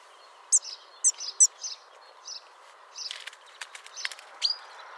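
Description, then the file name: Common chaffinch calls, three sharp high descending notes, each followed by a softer note, then scattered clicks and a final bright rising note. "Fringilla coelebs"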